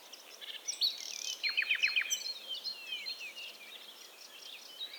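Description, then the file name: Common nightingale song phrase of four or five loud, steeply falling notes in quick succession, with softer twittering continuing throughout. "Luscinia megarhynchos"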